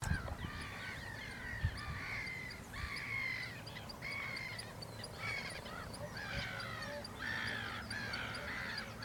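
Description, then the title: Northern lapwing calls, a run of hoarse, slurred notes with bending pitch over a low rumbling background. Two northern lapwings, in Enger, Germany. "Two Northern Lapwings (Kiebitze) in Enger, Germany"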